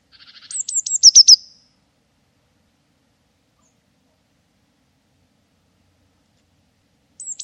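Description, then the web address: Bird calling with a few faint ticks, then a quick run of very high downslurred notes ending in a buzzy rattle, silence, and the high notes starting again at the end. "cianscape birddata Deverinetal 2025 File origin Bird Only"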